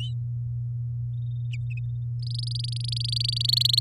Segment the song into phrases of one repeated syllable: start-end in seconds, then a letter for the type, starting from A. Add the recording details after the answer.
2.22-3.80 A. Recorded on 10 May 2018 at 07:25. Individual llb16